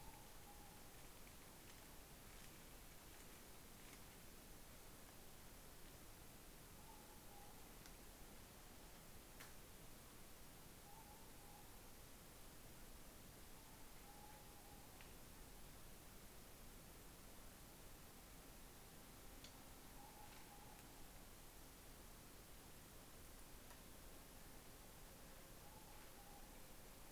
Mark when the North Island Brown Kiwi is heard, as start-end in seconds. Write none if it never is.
none